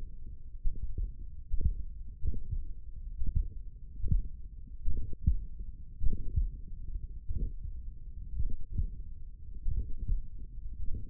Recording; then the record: forearm muscle sounds (acoustic myography)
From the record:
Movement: finger pinch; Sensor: system 1, eight BSWA MPA416 microphones around the upper forearm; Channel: 3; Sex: male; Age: 42 years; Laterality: right